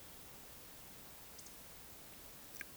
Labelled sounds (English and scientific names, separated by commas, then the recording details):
Eurasian Woodcock (Scolopax rusticola) whistle
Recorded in Baden-Württemberg, Germany, on 20 May 2021 at 19:50 UTC
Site 24606, 635 m above sea level